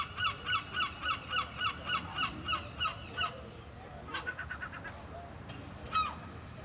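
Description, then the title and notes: Gull calling in a fast run of harsh, evenly spaced notes, then a pause, a shorter burst and a single squeal, over soft background noise. Seagulls on the seafront at Mers-les-Bains, France, with waves in the distance and people passing by; recorded with DPA 4060 microphones in AB position into a Zoom F3. "66 Esp. du Général Leclerc, 80350 Mers-les-Bains, France - Seagulls and people. Seagulls, waves in the distance, people passing by. Mouettes, vagues dans le lointain, promeneur·euses"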